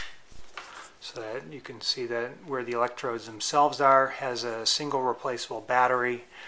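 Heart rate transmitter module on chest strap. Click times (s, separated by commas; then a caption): 0.6 s. A plastic heart rate transmitter module for a Polar RC3 GPS fitness watch is unsnapped from its fabric chest strap with the electrodes, releasing with one soft click at 0.6 s. Someone talks throughout the clip.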